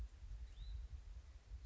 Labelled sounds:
Hutton's Vireo
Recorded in Sonoma County, California

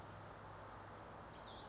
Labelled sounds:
Cassin's Vireo
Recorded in Sonoma County, California

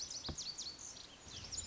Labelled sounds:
Lazuli Bunting
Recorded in Sonoma County, California

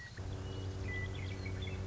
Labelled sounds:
Western Meadowlark
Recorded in Sonoma County, California

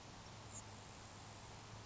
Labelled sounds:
Grasshopper Sparrow
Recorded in Sonoma County, California

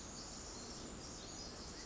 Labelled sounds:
Pacific Wren
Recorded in Sonoma County, California

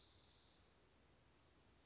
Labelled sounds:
Spotted Towhee
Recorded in Sonoma County, California

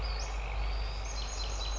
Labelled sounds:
Western Flycatcher
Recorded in Sonoma County, California

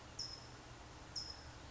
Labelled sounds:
California Towhee
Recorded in Sonoma County, California

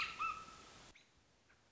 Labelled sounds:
American Robin
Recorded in Sonoma County, California

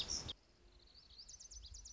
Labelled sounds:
Lazuli Bunting
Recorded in Sonoma County, California

